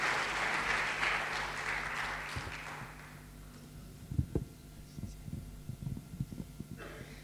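An audience at a church prayer meeting applauds steadily to welcome a pastor to preach, a dense patter of clapping that fades out after about three seconds, followed by a few scattered low, dull thumps in near quiet.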